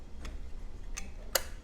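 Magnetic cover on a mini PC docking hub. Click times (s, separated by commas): 1.4 s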